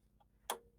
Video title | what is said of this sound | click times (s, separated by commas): Husqvarna Viking S100 Piping Foot | there you go we can hear it click you know then the chord is in The Recess | 0.5 s